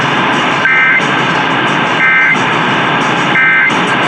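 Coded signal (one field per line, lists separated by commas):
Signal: Emergency Alert System (SAME) tones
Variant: end-of-message bursts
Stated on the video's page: Pennsylvania Required Monthly Test EAS tones recorded from several FM, AM and TV stations; one TV station recorded from DVR.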